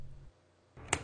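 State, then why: Seated. A replacement battery for an HP 215 G1 Notebook is aligned with the laptop's battery bay and pressed in. After a quiet stretch, a broadband rustle builds and a sharp click lands at 0.9 s. The battery is seated in the bay.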